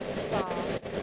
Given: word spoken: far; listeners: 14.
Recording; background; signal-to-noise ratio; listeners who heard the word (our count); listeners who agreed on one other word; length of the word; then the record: one English word in noise, from a listening test; noise modulated by three-talker babble; -5.3 dB; 5 of 14; 7 of 14; 0.63 s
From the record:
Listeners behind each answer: 7, 5, 1, 1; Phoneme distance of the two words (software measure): 10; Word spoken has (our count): 1 syllable, 2 phonemes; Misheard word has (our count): 1 syllable, 2 phonemes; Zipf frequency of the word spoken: 5.61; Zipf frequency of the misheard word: 4.75